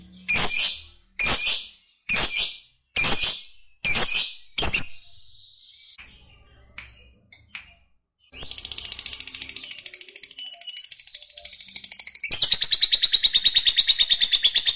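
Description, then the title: Lovebird with a run of six harsh shrill squawks, a pause with faint squeaks, then a switch into fast continuous high twittering chatter that grows louder. Fighter-type lovebird singing energetically (gacor). "Berkat SUARA Lovebird FIGHTER GACOR Ini"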